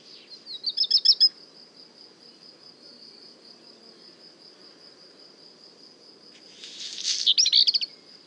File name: chant de rougequeue noir merle noir le Puech